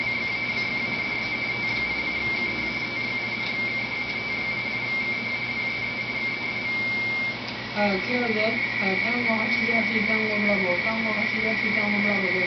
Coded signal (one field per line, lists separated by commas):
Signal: RTTY